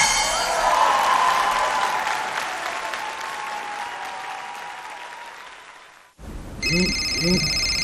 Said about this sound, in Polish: O, telefon z przychodni. To pewnie nasza teleporada. Kochanie, odbierzesz?